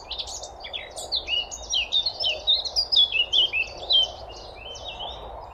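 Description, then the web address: Eurasian blackcap song, a lively, rapid series of sliding, chirping notes delivered in a dense run of several seconds, background hum underneath. "SETE Sylvia atricapilla"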